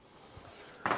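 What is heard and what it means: A slide-on battery pack is unlatched and removed from a cordless miter saw ahead of a blade change. After a quiet stretch, a sharp hit at 0.9 s marks the battery latch releasing, followed by a short, fading rattle. The battery is released.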